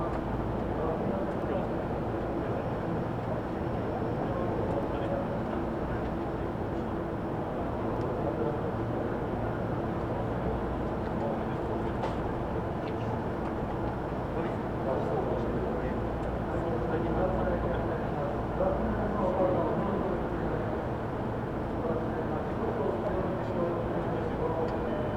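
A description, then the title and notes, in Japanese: A Tokyo Metro train runs between Iidabashi and Nishi-Funabashi, its roar steady and dense for the whole stretch, heaviest in the low and middle range. Faint clicks and rattles surface now and then, with indistinct voices murmuring under the constant rumble. 東京メトロ 飯田橋→西船橋。津田沼行きの快速に乗車していますので、車両はＪＲの車両です。通勤時間帯なのでかなり混雑してきましたが。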